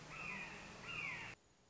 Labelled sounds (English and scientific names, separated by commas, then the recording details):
Red-shouldered Hawk (Buteo lineatus)
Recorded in Sonoma County, California